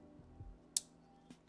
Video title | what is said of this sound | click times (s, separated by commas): Talkin' Trains- Live at the Work Bench! 7.14.2025 | snubbed down in there. You guys might have even heard it click. | 0.8 s